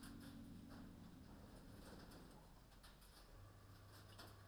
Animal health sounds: poultry house recording; healthy chickens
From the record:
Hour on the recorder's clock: 21

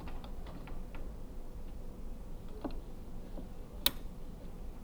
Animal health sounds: poultry house recording; no chicken sound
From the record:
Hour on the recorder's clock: 12

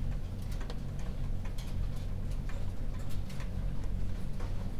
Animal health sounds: poultry house recording; no chicken sound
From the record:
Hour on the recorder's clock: 22

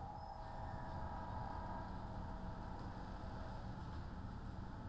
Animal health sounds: poultry house recording; no chicken sound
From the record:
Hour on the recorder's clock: 13

